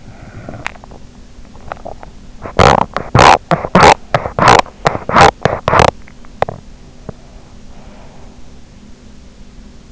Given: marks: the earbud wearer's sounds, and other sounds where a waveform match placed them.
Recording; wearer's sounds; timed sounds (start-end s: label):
sounds in sleep by an in-ear microphone; body movement, swallowing, teeth grinding, breath
0.00-1.18 s: body movement
1.45-2.24 s: swallowing
2.36-7.45 s: teeth grinding
7.45-8.48 s: breath